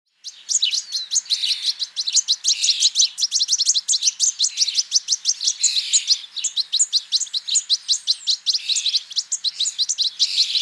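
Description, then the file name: European goldfinch song: a long, dense run of rapid, liquid, tinkling notes and buzzy twitters, barely pausing throughout. "Carduelis carduelis"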